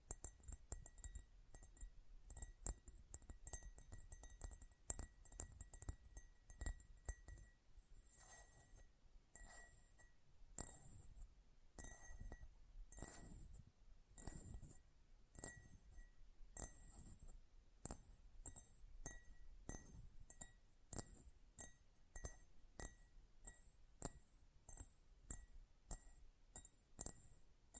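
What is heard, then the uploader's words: Close-up metallic sounds: a long run of bright clinks and chinks, dense and irregular in the first seconds, then settling into a steadier, faster series of sharp taps with short gaps. Each hit rings with a thin high tone and a brief low thud. ASMR Close Up Metallic Sounds (No Talking).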